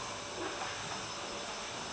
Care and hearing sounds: daily activity, microphone in the room; vacuum cleaning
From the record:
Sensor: 2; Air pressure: 1011.7 hPa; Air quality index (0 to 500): 220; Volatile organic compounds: 4 ppm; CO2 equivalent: 1549 ppm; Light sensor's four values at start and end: 9/20/8/8 and 9/20/8/8

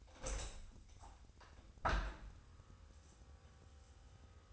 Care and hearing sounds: daily activity, microphone in the room; open window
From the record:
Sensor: 2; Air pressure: 1000.3 hPa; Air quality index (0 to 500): 162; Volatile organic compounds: 3 ppm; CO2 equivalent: 1342 ppm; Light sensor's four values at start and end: 11/30/11/13 and 11/30/12/13

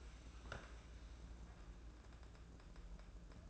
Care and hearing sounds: daily activity, microphone in the room; sit down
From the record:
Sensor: 2

